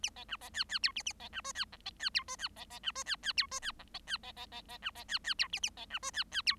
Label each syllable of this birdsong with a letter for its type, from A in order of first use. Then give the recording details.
A B C B D D E A A B C F D G B D E F D B B C F D D E F D G B D B B B B C B D D E A A B C F D D E. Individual Bird7